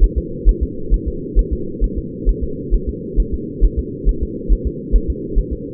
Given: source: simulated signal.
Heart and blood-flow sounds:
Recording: fetal heart sounds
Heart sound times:
0.04 s: S1
0.18 s: S2
0.49 s: S1
0.63 s: S2
0.94 s: S1
1.08 s: S2
1.39 s: S1
1.53 s: S2
1.84 s: S1
1.98 s: S2
2.29 s: S1
2.44 s: S2
2.75 s: S1
2.89 s: S2
3.20 s: S1
3.34 s: S2
3.65 s: S1
3.79 s: S2
4.09 s: S1
4.23 s: S2
4.53 s: S1
4.67 s: S2
4.96 s: S1
5.10 s: S2
5.39 s: S1
5.53 s: S2
From the record:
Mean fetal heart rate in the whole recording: 135 bpm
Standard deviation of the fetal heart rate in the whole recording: 3 bpm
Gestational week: 36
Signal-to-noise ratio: -4.3 dB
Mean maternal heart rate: 72 bpm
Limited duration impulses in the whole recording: absent

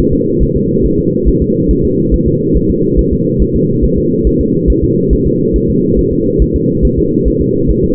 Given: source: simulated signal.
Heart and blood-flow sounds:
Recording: fetal heart sounds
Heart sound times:
0.13 s: S2
0.43 s: S1
0.57 s: S2
0.86 s: S1
1.00 s: S2
1.28 s: S1
1.42 s: S2
1.71 s: S1
1.85 s: S2
2.14 s: S1
2.28 s: S2
2.57 s: S1
2.70 s: S2
2.99 s: S1
3.13 s: S2
3.42 s: S1
3.56 s: S2
3.84 s: S1
3.98 s: S2
4.27 s: S1
4.41 s: S2
4.70 s: S1
4.84 s: S2
5.13 s: S1
5.27 s: S2
5.56 s: S1
5.70 s: S2
5.99 s: S1
6.13 s: S2
6.42 s: S1
6.56 s: S2
6.85 s: S1
6.99 s: S2
7.28 s: S1
7.41 s: S2
7.70 s: S1
7.84 s: S2
From the record:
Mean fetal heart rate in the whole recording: 140 bpm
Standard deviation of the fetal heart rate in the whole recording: 2 bpm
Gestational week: 34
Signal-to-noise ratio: -11.2 dB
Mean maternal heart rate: 72 bpm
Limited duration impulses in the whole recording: present

